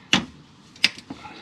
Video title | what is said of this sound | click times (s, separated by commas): How To Change Out Fog Lights on Toyota Tundra | put it in place till you hear a click and you're all done | 0.8 s